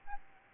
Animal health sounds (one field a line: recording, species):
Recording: mosquito wingbeat signal from an infrared sensor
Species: Aedes albopictus